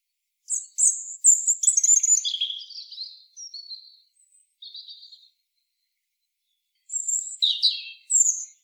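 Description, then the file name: European robin song: a run of high, sharp, descending warbled notes, two softer phrases, a long pause, then another loud high sparkling phrase. "Erithacus rubecula"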